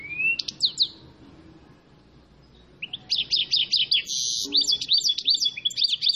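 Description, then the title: Canary song: a rising whistle and quick chirps, a quiet pause, then fast repeated trills and rolling notes in a high register. Loud, persistent, long rolling canary song, meant to prompt another canary to answer. "LANGSUNG NYAUT GACOR DOR Kenari Manasaja, Dengan Kicau Kenari GACOR NGOTOT ROLL PANJANG"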